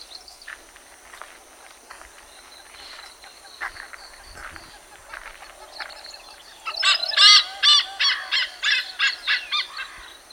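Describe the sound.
Malabar Pied Hornbill calls: a loud burst of harsh, cackling notes repeated rapidly, following quieter scattered calls over a steady high-pitched hum.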